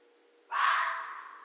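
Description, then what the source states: Red fox uttering one rasping, hoarse call that starts abruptly and trails off slowly with an echoing decay over a low steady hum. Recorded on 13 January 2012.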